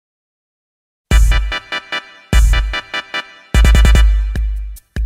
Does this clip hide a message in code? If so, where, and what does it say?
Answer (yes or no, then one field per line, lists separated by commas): no